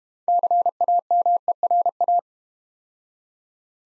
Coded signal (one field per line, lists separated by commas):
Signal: Morse code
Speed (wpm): 31 wpm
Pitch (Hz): 700 Hz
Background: none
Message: CAMERA